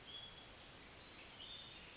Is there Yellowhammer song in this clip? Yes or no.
no